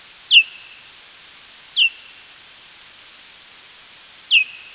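Serotine bat calls heard as three short downward-sweeping chirps spaced irregularly over about four seconds, each with a brief trailing tail, over faint steady hiss.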